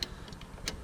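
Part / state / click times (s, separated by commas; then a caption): timer mechanism plate into pool pump timer enclosure / not seated / none. A rewired timer mechanism plate is handled at a metal pool pump timer enclosure, one side set in while the other side is being pushed toward its place. Two brief, bright taps, near 0.0 and 0.7 seconds, stand out over a low, steady rumble. Nothing has snapped in or seated yet.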